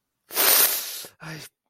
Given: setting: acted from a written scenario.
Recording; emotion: vocal sound without words; guilt